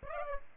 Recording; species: mosquito wingbeat signal from an infrared sensor; Aedes aegypti